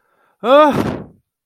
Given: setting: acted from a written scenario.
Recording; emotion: vocal sound without words; distress